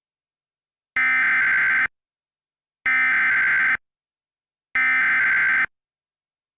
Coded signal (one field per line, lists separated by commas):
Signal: Emergency Alert System (SAME) tones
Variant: header bursts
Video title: EAS Scenario - Disappearing Glitch